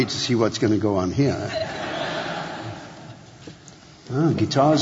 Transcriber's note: laughter